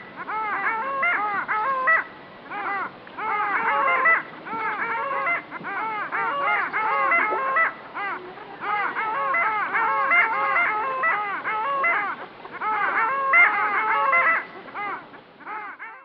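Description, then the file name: Long-tailed ducks in a loud, dense chorus of nasal, yodelling calls, overlapping almost continuously with brief pauses. "Digiffects Sound Effects Library - Long Tailed Duck"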